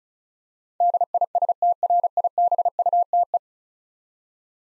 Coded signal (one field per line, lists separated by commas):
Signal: Morse code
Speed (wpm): 36 wpm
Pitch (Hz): 700 Hz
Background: none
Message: DISTRIBUTE